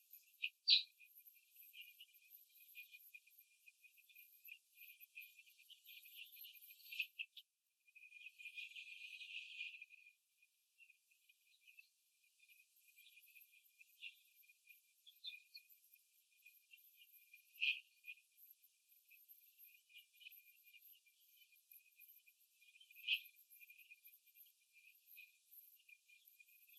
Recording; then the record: young laying hens in a cage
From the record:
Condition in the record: after the stressor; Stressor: simulated dog barking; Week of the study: 3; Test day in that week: 2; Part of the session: 2